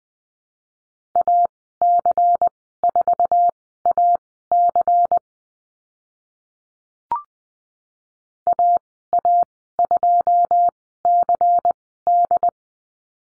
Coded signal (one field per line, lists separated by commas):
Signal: Morse code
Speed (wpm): 20 wpm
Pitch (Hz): 700 Hz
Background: none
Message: AC4AC AA2CD